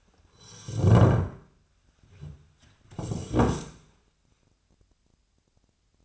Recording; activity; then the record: daily activity, microphone in the room; sit down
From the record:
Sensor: 2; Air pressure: 1007.7 hPa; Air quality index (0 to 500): 178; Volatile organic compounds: 9 ppm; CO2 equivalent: 2188 ppm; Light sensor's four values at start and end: 9/23/9/10 and 9/22/9/10